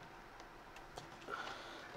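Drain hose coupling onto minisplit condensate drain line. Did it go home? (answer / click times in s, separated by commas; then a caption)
yes / 1.3 s. A plastic coupling on a minisplit condensate drain hose is pushed together onto its extension line. Low background noise runs through the clip, with a faint tap near 1.0 second. A sharp, short click at 1.3 seconds marks the coupling seating into place.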